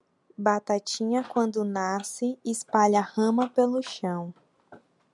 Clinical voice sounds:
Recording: short text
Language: Brazilian Portuguese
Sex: female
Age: 20 to 29 years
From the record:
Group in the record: control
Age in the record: 20 years

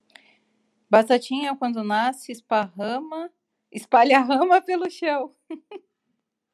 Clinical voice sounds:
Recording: short text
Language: Brazilian Portuguese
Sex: female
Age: 30 to 39 years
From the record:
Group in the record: control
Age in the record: 39 years

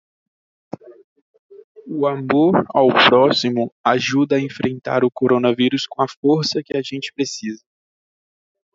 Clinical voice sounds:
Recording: spoken sentence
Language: Brazilian Portuguese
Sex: male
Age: 20 to 29 years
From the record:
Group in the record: control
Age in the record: 24 years

